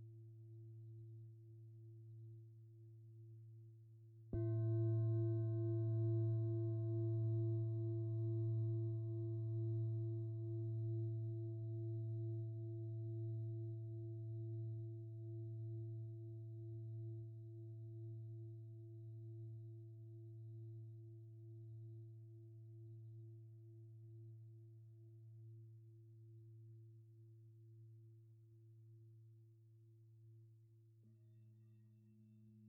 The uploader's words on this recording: 7 Chakra Continuous Meditation with 21 Antique Tibetan Singing Bowls.